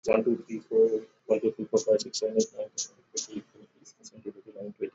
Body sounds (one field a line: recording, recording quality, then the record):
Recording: counting at a normal pace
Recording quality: moderate, slight background noise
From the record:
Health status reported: exposed to COVID-19, no respiratory illness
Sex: male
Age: 31 years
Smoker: yes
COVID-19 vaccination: both doses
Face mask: worn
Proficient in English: yes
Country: India